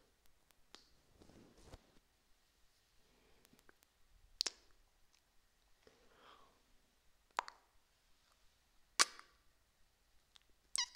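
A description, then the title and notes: Quiet kiss sounds: sharp wet smacks near 4.5, 7.5, 9 and 11 seconds, with soft rustling and faint mouth noises between them. ASMR Kiss Sounds.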